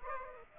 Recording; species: mosquito wingbeat signal from an infrared sensor; Aedes aegypti